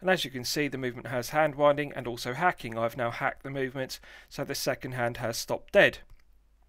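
A man talks throughout while handling a Rolex Explorer 124270 watch whose crown is pulled out to the time-setting (hacking) position, with the movement hacked and the second hand stopped. The crown has not yet been pushed back into the metal case, so nothing has seated or clicked yet.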